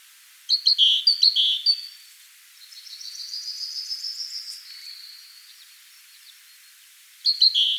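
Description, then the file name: Great tit giving short bursts of scratchy, chattering notes, with a thin, buzzy trill rising slightly in between, then another chattering burst at the end. "Parus major"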